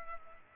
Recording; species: mosquito wingbeat signal from an infrared sensor; Culex pipiens